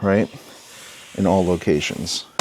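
Someone talks while a plastic trim piece by the battery compartment of a Mercedes-Benz GLE 350 SUV is handled and pressed back toward the body panel, with the rubber seal kept above the trim piece, during a battery replacement. There is a soft hiss between the words. The trim piece has not snapped into place yet.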